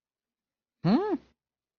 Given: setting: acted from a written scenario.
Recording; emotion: vocal sound without words; confusion